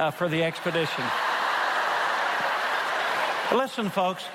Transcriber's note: laughter